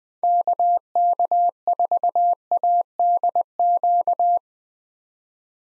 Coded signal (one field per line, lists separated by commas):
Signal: Morse code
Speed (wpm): 20 wpm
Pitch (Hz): 700 Hz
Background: none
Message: KK4ADQ